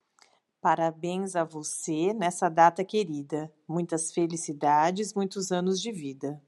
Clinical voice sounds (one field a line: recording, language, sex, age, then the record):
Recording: short text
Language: Brazilian Portuguese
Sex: female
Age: 50 to 59 years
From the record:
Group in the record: control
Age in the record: 50 years